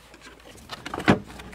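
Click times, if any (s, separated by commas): 1.1 s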